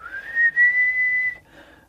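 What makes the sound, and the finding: Adult whistling an imitation of tinnitus. Tinnitus imitation (high-pitched whistle).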